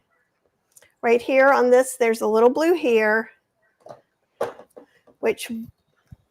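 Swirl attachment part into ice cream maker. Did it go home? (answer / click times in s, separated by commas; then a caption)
no / none. Someone talks while a plastic swirl attachment is handled at an ice cream maker, with a few faint, brief knocks and taps between the words. The part has not yet been pushed home, and nothing has seated or clicked yet.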